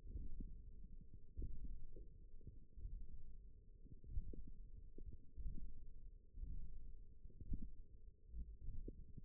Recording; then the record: forearm muscle sounds (acoustic myography)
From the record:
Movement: index flexion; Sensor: system 1, eight BSWA MPA416 microphones around the upper forearm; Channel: 2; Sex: female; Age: 20 years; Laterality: right